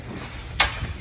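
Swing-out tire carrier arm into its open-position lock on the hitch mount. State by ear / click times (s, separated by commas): seated / 0.6 s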